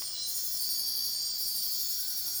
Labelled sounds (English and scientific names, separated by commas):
none